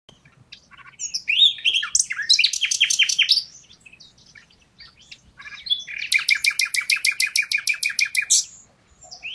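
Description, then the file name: Common nightingale song with two loud phrases of rapid pulsed notes, the second a regular rattling trill, separated by a quiet pause of a few seconds. "Luscinia megarhynchos"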